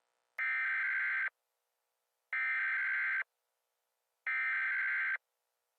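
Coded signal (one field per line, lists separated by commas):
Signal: Emergency Alert System (SAME) tones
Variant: header bursts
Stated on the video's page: Fictional EAS scenario about a prison break.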